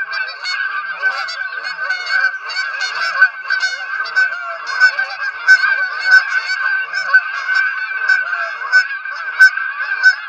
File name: Canada Geese